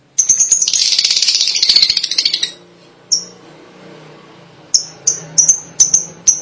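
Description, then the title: Lovebird calls, a two-second burst of harsh chattering, one lone chirp, then a quick run of sharp high chirps. "BM Suara Burung Lovebird"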